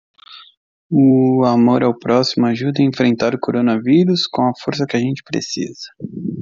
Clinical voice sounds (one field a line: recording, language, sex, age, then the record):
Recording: spoken sentence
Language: Brazilian Portuguese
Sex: male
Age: 20 to 29 years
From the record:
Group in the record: control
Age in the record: 26 years